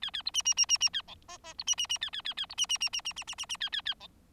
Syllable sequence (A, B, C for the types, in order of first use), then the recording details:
A A B C C C C C A D E E B C C C A A A A B C C C C C C C C C A A A D. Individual Bird4